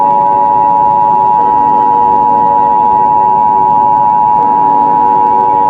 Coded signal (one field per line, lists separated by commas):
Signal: Emergency Alert System (SAME) tones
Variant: 853 and 960 Hz attention tone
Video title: EAS Scenario 10: Blood moon attack